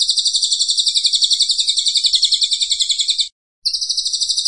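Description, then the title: Cililin pouring out a sustained high-pitched pulsing trill, steady in pitch and rhythm, with a short gap before the final second. Vigorous "gacor" singing, used for training cage birds. "Cililin AMPUH"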